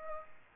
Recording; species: mosquito wingbeat signal from an infrared sensor; Aedes aegypti